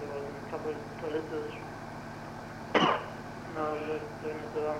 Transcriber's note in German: Husten oder Niesen